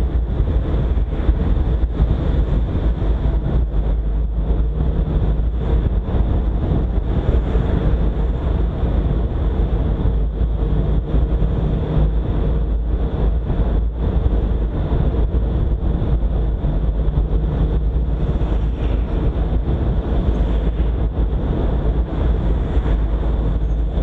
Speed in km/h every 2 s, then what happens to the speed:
41, 43, 45, 44, 44, 45, 45, 45, 45, 44, 44, 44.
0-24 steady at about 44.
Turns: none.